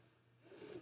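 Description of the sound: The speaker has spinal muscular atrophy, which causes her lung function to decline because of her weakening diaphragm muscles. So she has to wear a ventilator to breathe, and she records her podcast while she's wearing the ventilator.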